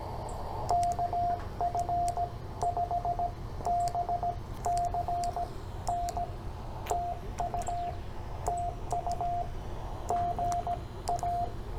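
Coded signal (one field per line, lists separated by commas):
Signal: Morse code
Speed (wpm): 16 wpm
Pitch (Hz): 690 Hz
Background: radio noise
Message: KF5BCN TU TU GA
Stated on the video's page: CW copy practice with paper and pencil.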